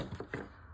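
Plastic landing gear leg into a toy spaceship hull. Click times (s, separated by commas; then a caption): 0.2 s, 0.3 s. Small plastic landing gear legs are folded into the hull of a Star Wars Micro Galaxy Squadron Razorcrest toy spaceship. Two faint clicks are heard at 0.2 and 0.3 seconds, the second louder, over a soft background. The landing gear clicks into place.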